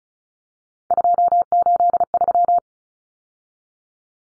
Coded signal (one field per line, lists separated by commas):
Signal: Morse code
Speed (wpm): 34 wpm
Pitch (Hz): 700 Hz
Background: none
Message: 283